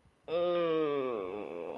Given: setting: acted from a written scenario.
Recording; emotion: vocal sound without words; pain